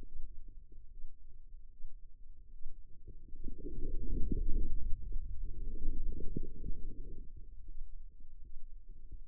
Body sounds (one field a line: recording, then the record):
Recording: forearm muscle sounds (acoustic myography)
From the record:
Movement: inward rotation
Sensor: system 2, bracelet of six BSWA MPA416 microphones around the upper forearm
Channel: 5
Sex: female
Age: 25 years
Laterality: right